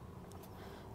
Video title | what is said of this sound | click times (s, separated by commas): Alternative 3 In 1 Van Life Cooker | and then that clicks into place | 0.3 s